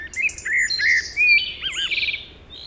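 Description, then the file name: Common blackbird song: fluted, warbling whistles near mid pitch with a rolling, wavering phrase, then thin high twittering notes trailing off at the end. "Turdus merula"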